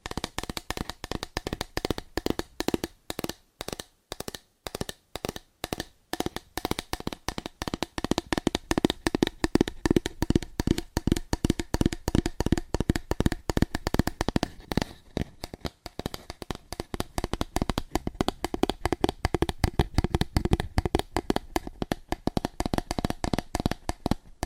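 Fast, aggressive tapping on cardboard, a dense stream of sharp, dry hits across the whole clip. The taps come in quick bursts with brief gaps early on, then grow steadier and more continuous after about fifteen seconds, with a hollow, papery thud to each strike.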